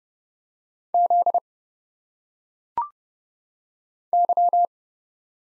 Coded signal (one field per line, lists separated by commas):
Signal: Morse code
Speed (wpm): 30 wpm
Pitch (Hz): 700 Hz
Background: none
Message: Z Y